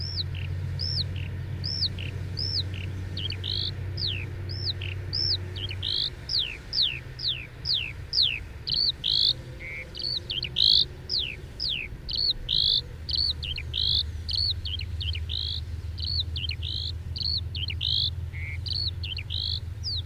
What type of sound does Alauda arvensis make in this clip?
flight song